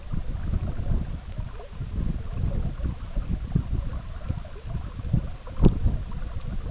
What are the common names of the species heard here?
none